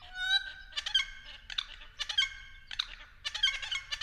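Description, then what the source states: Friarbird calls: a nasal drawn-out note followed by loud, grating, chattering bursts repeated at irregular intervals of about a second. Calling from an Angophora tree.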